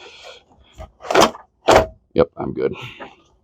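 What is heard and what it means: Someone talks while handling the plastic motor bucket and clutch assembly of a Dyson DC14 against the vacuum head housing on a second try, with a faint handling sound near 0.5 s. Nothing has seated or clicked yet.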